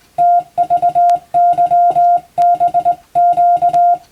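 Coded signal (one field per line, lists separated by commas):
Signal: Morse code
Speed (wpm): 20 wpm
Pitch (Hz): 700 Hz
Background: music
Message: TVYBQ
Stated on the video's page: Hand-keyed Morse practice for the Japanese radiotelegraph operator exam, sending plain-language telegram practice text, also suitable for amateur receiving practice.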